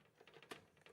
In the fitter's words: there we go locks into place and then lays your magnification and then if you